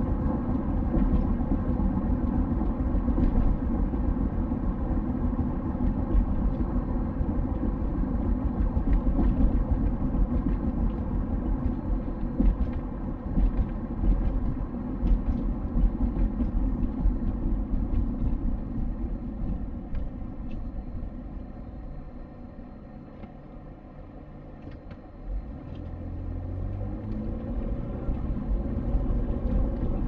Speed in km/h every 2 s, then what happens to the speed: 61, 59, 56, 55, 53, 51, 49, 42, 35, 19, 0, 0, 14, 30, 36.
0-20 slows to 0. 20-22 standing. 22-30 pulls away to 36.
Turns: none.